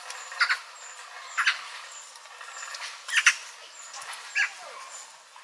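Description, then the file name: Eurasian magpie uttering several coarse, grating notes, some doubled, spaced a second or more apart. "Pica pica"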